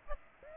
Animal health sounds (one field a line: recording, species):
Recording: mosquito wingbeat signal from an infrared sensor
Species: Aedes aegypti